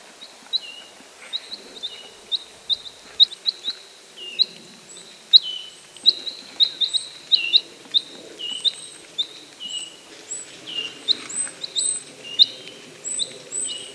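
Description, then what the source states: Red crossbill flight calls: a steady stream of short, sharp, high chips and clipped notes, continuing throughout. Red crossbill of call type S; flight calls.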